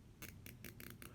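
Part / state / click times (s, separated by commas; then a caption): plastic cable tie tail into its locking head / seated / 0.3 s, 0.5 s, 0.7 s, 0.8 s, 1.0 s. A plastic zip tie's tail is pulled through its locking head, and the head's locking pawl catches on each rib of the tail. A series of sharp snaps is heard at 0.3, 0.5, 0.7, 0.8 and 1.0 seconds as the tie ratchets through. The tail is seated in the lock and will not pull back out.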